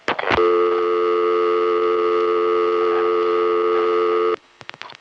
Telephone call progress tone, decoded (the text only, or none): dial tone